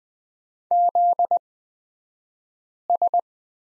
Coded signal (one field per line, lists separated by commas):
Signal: Morse code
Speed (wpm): 20 wpm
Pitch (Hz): 700 Hz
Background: none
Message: ZS